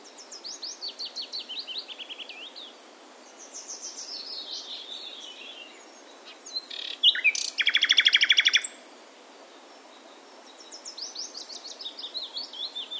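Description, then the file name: Common nightingale song with a series of descending chirps, a pause, then a loud rapid rattle of repeated notes, and more falling chirp runs at the end. "Luscinia megarhynchos"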